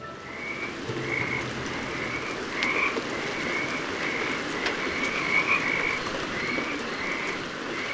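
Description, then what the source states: Pacific chorus frogs in chorus: many rhythmic calls repeating steadily throughout, over a constant background hiss. Chorus on Santa Cruz Island, Channel Islands off California, rugged landscape; frogs sing when the winter rains come; recorded in the rain.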